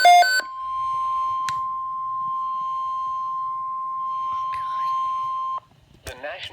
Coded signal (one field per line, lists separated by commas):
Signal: Emergency Alert System (SAME) tones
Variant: 1050 Hz attention tone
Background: speech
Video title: (RARE) PDS-SVA (EAS 5)